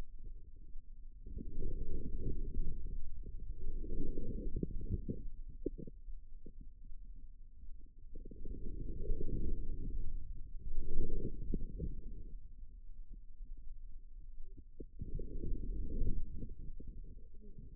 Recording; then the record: forearm muscle sounds (acoustic myography)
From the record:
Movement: inward rotation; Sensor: system 2, bracelet of six BSWA MPA416 microphones around the upper forearm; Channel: 4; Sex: female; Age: 25 years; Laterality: right